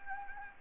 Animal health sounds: mosquito wingbeat signal from an infrared sensor; Anopheles gambiae

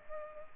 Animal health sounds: mosquito wingbeat signal from an infrared sensor; Culex pipiens

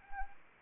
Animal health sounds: mosquito wingbeat signal from an infrared sensor; Anopheles arabiensis

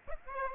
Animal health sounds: mosquito wingbeat signal from an infrared sensor; Aedes aegypti

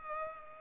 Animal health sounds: mosquito wingbeat signal from an infrared sensor; Culex pipiens

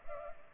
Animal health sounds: mosquito wingbeat signal from an infrared sensor; Culex pipiens

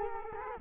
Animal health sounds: mosquito wingbeat signal from an infrared sensor; Culex quinquefasciatus

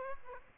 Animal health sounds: mosquito wingbeat signal from an infrared sensor; Aedes aegypti

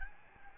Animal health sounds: mosquito wingbeat signal from an infrared sensor; Aedes albopictus

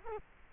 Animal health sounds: mosquito wingbeat signal from an infrared sensor; Culex quinquefasciatus

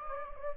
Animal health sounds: mosquito wingbeat signal from an infrared sensor; Anopheles gambiae

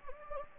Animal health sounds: mosquito wingbeat signal from an infrared sensor; Anopheles gambiae

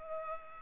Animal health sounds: mosquito wingbeat signal from an infrared sensor; Culex pipiens

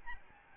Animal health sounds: mosquito wingbeat signal from an infrared sensor; Aedes albopictus

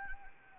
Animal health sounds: mosquito wingbeat signal from an infrared sensor; Anopheles arabiensis

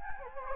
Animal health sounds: mosquito wingbeat signal from an infrared sensor; Anopheles gambiae

